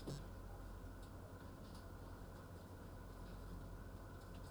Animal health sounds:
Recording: poultry house recording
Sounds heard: no chicken sound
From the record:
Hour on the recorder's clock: 10

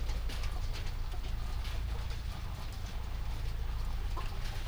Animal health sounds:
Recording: poultry house recording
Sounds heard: sick chickens (respiratory disease)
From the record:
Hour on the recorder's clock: 19

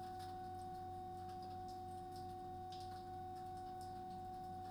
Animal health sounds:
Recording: poultry house recording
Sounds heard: no chicken sound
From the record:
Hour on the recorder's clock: 21

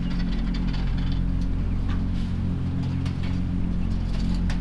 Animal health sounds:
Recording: poultry house recording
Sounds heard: sick chickens (respiratory disease)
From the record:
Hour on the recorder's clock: 2

